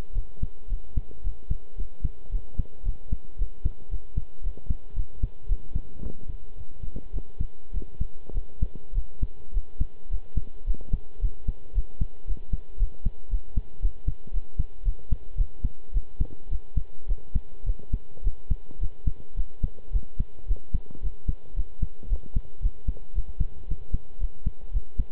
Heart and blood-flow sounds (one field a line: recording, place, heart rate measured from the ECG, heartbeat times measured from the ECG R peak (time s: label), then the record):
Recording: heart sounds by stethoscope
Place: between the tricuspid and mitral areas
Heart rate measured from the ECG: 110 bpm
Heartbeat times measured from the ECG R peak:
0.14 s: heartbeat
0.69 s: heartbeat
1.24 s: heartbeat
1.77 s: heartbeat
2.31 s: heartbeat
2.85 s: heartbeat
3.38 s: heartbeat
3.91 s: heartbeat
4.43 s: heartbeat
4.96 s: heartbeat
5.48 s: heartbeat
6.02 s: heartbeat
6.56 s: heartbeat
7.13 s: heartbeat
7.73 s: heartbeat
8.34 s: heartbeat
8.94 s: heartbeat
9.54 s: heartbeat
10.10 s: heartbeat
10.66 s: heartbeat
11.21 s: heartbeat
11.75 s: heartbeat
12.27 s: heartbeat
12.79 s: heartbeat
13.30 s: heartbeat
13.82 s: heartbeat
14.33 s: heartbeat
14.85 s: heartbeat
15.37 s: heartbeat
15.94 s: heartbeat
16.50 s: heartbeat
17.08 s: heartbeat
17.66 s: heartbeat
18.24 s: heartbeat
18.80 s: heartbeat
19.36 s: heartbeat
19.92 s: heartbeat
20.48 s: heartbeat
21.02 s: heartbeat
21.56 s: heartbeat
22.09 s: heartbeat
22.62 s: heartbeat
23.15 s: heartbeat
23.68 s: heartbeat
24.20 s: heartbeat
24.73 s: heartbeat
From the record:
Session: pedaling a stationary bicycle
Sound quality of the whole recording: good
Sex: male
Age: 23 years